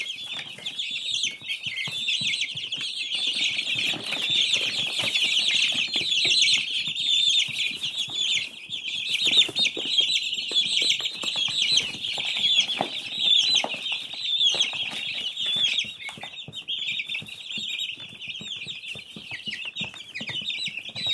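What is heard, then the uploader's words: Newly hatched chicks peep continuously in a dense, overlapping chorus of high, bright chirps that never pauses across the whole clip. The calls are rapid, with soft scratching and shuffling underneath and a few brief low thumps. Baby Chicks Sounds. High-pitched, chirping sounds made by newly hatched chicks.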